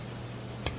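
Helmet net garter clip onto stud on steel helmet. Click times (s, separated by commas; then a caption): 0.7 s. The garter clip of an elastic shrimp net is pressed onto a small metal stud on the chin-strap loop of a WWII M-1 steel helmet. Over a steady low hum, a single sharp, short snap click sounds at 0.7 s. The snap fastener seats onto the stud.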